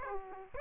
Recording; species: mosquito wingbeat signal from an infrared sensor; Aedes aegypti